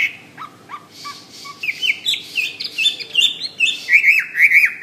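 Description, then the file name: Hwamei song starting softly with short low notes, then rising into loud fluid whistled phrases and slurred trills. "omkicau hwamey"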